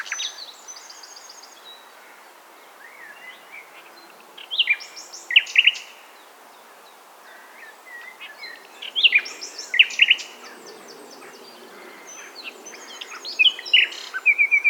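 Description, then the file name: Common nightingale song in short separated phrases of sharp chirps, slurred whistles and brief trills, with quiet gaps of a few seconds between them. "Luscinia megarhynchos"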